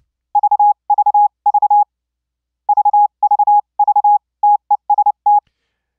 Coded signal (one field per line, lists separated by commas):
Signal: Morse code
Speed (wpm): 26 wpm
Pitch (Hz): 830 Hz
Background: none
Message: VVV VVV TEST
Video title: build a Pure Sine Wave 'keyable' software CW Morse Code OSCILLATOR with ZamGate